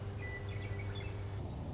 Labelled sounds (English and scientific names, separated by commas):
Western Meadowlark (Sturnella neglecta)